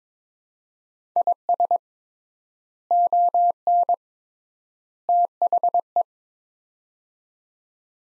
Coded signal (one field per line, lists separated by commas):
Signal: Morse code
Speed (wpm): 21 wpm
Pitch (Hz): 700 Hz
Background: none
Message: IS ON THE